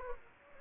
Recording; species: mosquito wingbeat signal from an infrared sensor; Anopheles gambiae